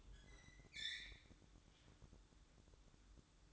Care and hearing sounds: daily activity, microphone in the room; open fridge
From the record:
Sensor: 3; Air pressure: 1007.7 hPa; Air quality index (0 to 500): 54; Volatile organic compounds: 1 ppm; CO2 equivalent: 591 ppm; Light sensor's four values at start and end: 13/30/13/13 and 13/30/13/13

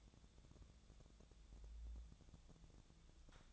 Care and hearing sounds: daily activity, microphone in the room; take from stove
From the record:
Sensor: 3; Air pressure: 1000.0 hPa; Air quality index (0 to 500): 124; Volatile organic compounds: 2 ppm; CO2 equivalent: 1115 ppm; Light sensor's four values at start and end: 42/107/46/51 and 43/108/46/51

